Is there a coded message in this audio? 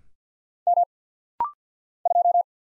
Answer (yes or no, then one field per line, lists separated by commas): yes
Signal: Morse code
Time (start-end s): 0.7-2.4 s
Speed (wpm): 48 wpm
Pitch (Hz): 700 Hz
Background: none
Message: M 2